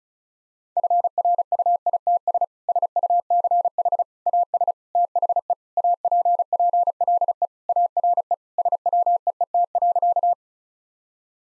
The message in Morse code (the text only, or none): FRUITS SUCH AS THE APPLE ARE SWEET.